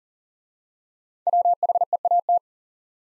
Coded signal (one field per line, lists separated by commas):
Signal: Morse code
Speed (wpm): 38 wpm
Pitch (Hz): 700 Hz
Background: none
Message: WHEAT